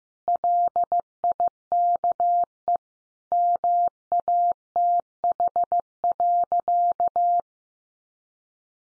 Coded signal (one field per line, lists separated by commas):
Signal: Morse code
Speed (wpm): 15 wpm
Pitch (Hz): 700 Hz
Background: none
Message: LIKE MATH.